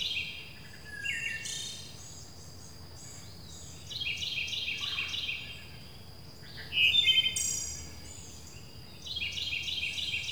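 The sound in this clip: Birds chirp and twitter throughout, with runs of rapid repeated notes, a louder burst in the second half, and more quick chirping toward the end over a faint high whine.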